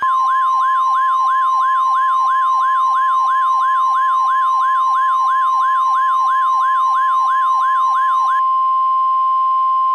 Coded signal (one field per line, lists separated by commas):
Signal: Emergency Alert System (SAME) tones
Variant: 1050 Hz attention tone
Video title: On the Loose (An EAS Scenario)